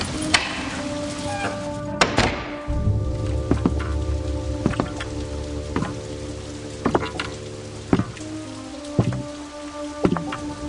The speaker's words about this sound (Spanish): La lluvia se desató solo en segundos y obligó a Claudio a guarecerse bajo el típico corredor que tienen las casas coloniales.